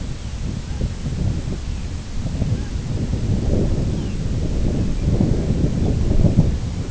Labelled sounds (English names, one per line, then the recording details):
Lapland Longspur
unidentified sound
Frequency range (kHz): Lapland Longspur 2.1-4.1 kHz
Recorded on Arctic tundra, site IGLO-B, on 24 June 2018
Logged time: 17:59